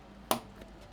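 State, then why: Seated. A second DDR5 memory stick is lined up and pushed down into its motherboard DIMM slot. The latch gives one sharp click at 0.3 s and a much fainter tick follows at 0.6 s. The stick is seated and locked in.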